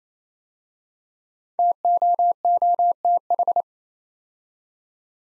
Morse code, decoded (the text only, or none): TOOTH